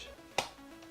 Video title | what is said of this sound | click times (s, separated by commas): Sony Z-150 Tutorial | up the lens with the lens cover latch you'll hear a snap now | 0.4 s